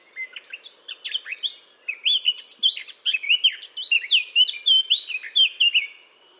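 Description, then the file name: Eurasian blackcap singing continuously, a quiet scratchy warble building into louder, clear fluty whistled notes that run on to the end. "Sylvia atricapilla"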